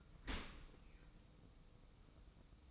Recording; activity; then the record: daily activity, microphone in the room; open dishwasher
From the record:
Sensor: 1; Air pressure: 990.4 hPa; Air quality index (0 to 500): 179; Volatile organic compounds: 1000 ppm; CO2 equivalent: 6617 ppm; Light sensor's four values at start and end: 25/59/25/27 and 25/58/25/27